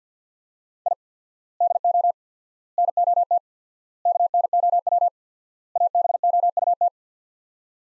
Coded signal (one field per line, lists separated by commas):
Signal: Morse code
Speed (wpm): 50 wpm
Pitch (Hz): 700 Hz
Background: none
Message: I DO NOT KNOW ABOUT